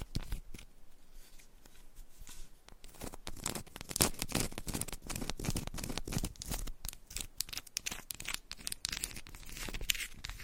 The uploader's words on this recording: Candle Scratching and Tapping Textured Candles - No Talking for Sleep with Long Nails.